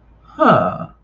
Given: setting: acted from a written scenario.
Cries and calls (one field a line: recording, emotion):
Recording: vocal sound without words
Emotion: interest